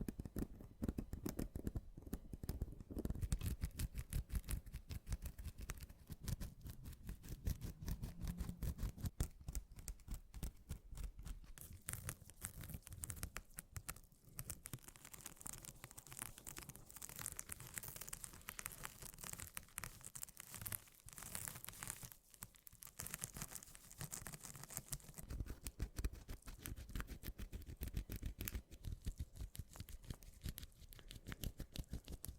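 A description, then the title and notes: Mini scratching runs the whole time as dense, rapid strokes, a rough, papery rasp with crinkly, tearing edges. The texture stays busy and fairly even, with brief thinner moments around 14 and 22 seconds and a low rumble early on. ASMR Mini Scratching (NO TALKING).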